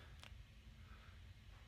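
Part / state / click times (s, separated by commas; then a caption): parallax adjustment knob on a rifle scope / seated / 0.2 s. The parallax knob on a Tract Optics Toric UltraHD rifle scope is pushed in and locks into place, giving a short, sharp click at 0.2 s over a steady low background hum. The knob pulls out to spin and locks in so it can't turn, and here it seats.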